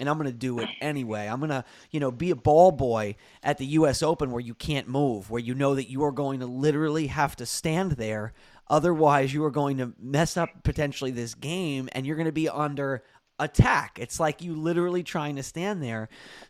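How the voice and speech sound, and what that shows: One adult man speaks clearly and fluently at a conversational pace, with natural pauses and steady voicing.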